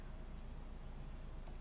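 A lens mod is lined up with the shape of a GoPro Hero9 action camera's lens mount before being pushed on and turned clockwise to lock. A steady low rumble with broadband noise fills the clip, with no distinct click. Nothing has seated or clicked yet.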